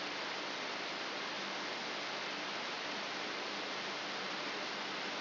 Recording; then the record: brain microelectrode recording played as sound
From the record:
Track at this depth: inside the subthalamic nucleus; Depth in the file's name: 1.705 mm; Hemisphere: left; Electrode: 3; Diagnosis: Parkinson's disease